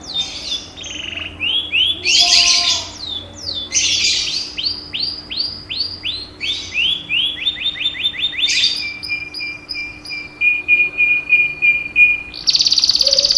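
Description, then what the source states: Canary song with harsh rasping bursts, then a series of quick downslurred notes, ending in steady repeated whistles and a buzzy trill. Hobby canary named Jenggo, whose song is described as sounding like a lovebird (kenari rasa Lovebird style).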